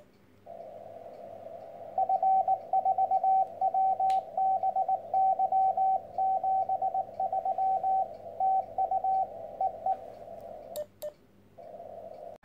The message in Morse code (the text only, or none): F4WBY 73 TU EE